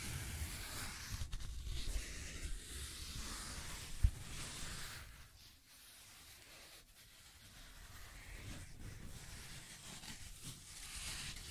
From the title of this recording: Scratching and Tracing Sounds